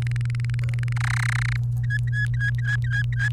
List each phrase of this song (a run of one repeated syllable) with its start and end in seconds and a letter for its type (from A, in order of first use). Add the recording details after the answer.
0.02-0.93 A, 0.96-1.56 B, 1.84-3.28 C. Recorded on 28 April 2018 at 15:17. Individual llb3